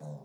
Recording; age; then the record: pig call; piglet (1 to 25 days)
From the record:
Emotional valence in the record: negative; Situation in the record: short isolation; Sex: female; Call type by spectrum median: low-frequency call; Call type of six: low-frequency stable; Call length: 0.25 s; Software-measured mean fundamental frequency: 73 Hz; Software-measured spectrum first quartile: 152 Hz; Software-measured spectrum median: 248 Hz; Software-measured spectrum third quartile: 643 Hz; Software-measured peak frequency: 152 Hz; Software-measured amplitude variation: 100 dB a second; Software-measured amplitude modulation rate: 21.9 a second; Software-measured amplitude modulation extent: 4.6 dB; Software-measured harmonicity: 3.5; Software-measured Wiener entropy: -0.25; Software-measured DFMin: 1098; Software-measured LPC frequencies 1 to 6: 620, 3830, 5328, 6046, 6745, 7517 Hz